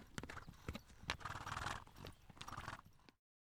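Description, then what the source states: Horse whinny, a shaky neigh lasting about two seconds amid hoof clops, ending abruptly. Mountain soundscape.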